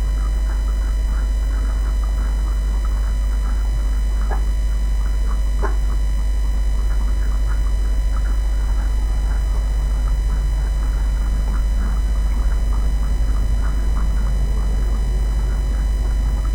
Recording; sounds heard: poultry house recording; sick chickens (respiratory disease)